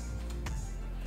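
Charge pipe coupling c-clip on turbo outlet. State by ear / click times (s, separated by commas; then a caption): not seated / none. The charge pipe end of a VRSF charge pipe on a BMW 340i B58 is pushed and rotated onto the turbo outlet connection, working the spring c-clip of the coupling over a steady low-pitched background hum. A brief, sharp handling noise comes at about 0.5 s, but the c-clip has not clicked and the pipe has not seated yet.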